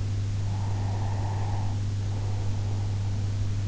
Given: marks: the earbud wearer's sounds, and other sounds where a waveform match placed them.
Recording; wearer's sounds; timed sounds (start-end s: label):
sounds in sleep by an in-ear microphone; breath
0.55-3.39 s: breath